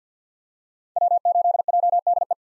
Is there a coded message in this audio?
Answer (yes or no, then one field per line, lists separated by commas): yes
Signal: Morse code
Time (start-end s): 1.0-2.3 s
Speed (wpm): 49 wpm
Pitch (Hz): 700 Hz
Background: none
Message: W8JDE